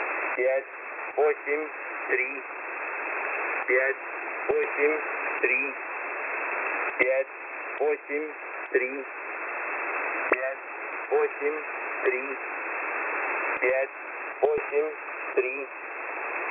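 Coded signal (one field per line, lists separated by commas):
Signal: numbers station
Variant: S06b Russian Man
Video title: S06b Russian Man 26/10/2022 1425 UTC 12203kHz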